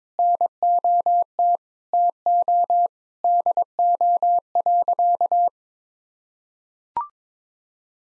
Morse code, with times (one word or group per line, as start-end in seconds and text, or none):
0.2-1.6 NOT
1.9-2.9 TO
3.2-5.5 DO.